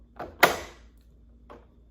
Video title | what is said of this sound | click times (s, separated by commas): Barbie Movie Pink Corvette UNBOXING-Honest Review | that loud clicking sound that you hear of the car door opening it's not easy to get open | 0.4 s